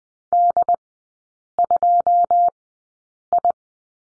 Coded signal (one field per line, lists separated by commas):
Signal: Morse code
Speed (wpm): 20 wpm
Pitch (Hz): 700 Hz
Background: none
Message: D2I